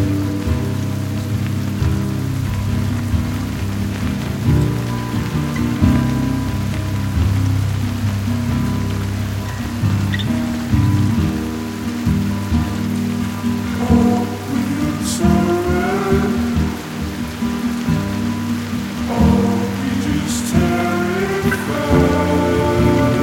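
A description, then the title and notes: Rain falls in a steady, dense wash that keeps an even loudness for the whole stretch. Underneath runs a deep rumble with low held tones that shift every second or so, and sharp bright ticks stand out around 15 and 20 seconds. Its raining.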